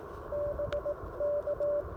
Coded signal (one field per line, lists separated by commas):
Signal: Morse code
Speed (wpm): 18 wpm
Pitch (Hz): 600 Hz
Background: radio noise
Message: BK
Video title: Pairing the Icom IC-705 with the Elecraft AX1 antenna at a POTA activation. Can this work?